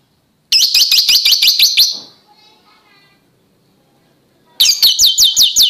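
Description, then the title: Oriental magpie-robin song: two bursts of rapid, evenly repeated high sharp notes, separated by a pause of soft low twittering. "Kicau Kacer"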